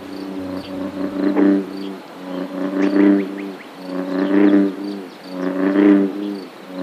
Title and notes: Paisatges sonors amb Albert Murillo. Avui el so d'una granota toro